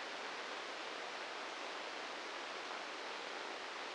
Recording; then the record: brain microelectrode recording played as sound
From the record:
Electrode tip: inside the subthalamic nucleus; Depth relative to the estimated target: 0 mm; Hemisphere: right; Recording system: NeuroSet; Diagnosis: Parkinson's disease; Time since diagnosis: 13 years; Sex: male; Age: 66 years